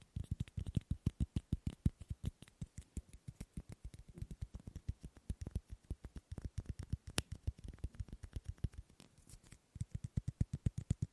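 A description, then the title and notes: Tapping on objects: a continuous train of short, dry knocks with a solid low thud under each. The pace changes throughout, fast flurries near the start, middle and end, looser stretches between, and one brighter, sharper click stands out just past seven seconds. ASMR Fast & Slow Tapping on 6 Objects No Talking.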